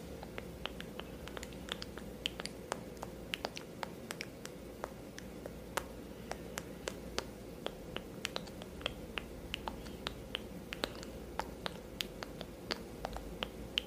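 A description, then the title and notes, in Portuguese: Hair being washed and conditioned. Frequent sharp, wet clicks and crackles pop irregularly throughout, several per second, over a steady low rumble that continues unchanged for the whole clip. ASMR de encenação hidratando e lavando o seu cabelo.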